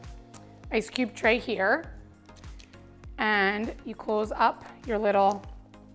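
Someone talks over background music while handling a two-part plastic/silicone ice cube mold with plastic skulls inside, bringing the lid half toward the mold base to press the halves together. Only small taps and handling noises are heard under the voice. Nothing has clicked or seated yet.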